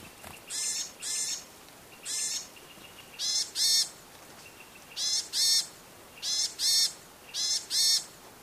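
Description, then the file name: Varied tit calls: harsh buzzy notes, mostly in pairs, repeated steadily over quiet background hiss. "yamagara"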